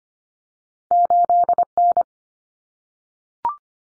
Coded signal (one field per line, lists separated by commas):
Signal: Morse code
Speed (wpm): 25 wpm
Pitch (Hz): 700 Hz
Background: none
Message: 8N